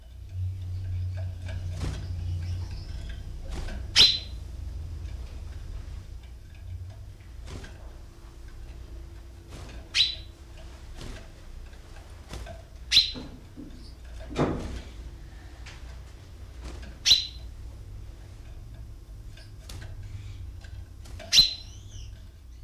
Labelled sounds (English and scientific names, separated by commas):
Common Chaffinch (Fringilla coelebs)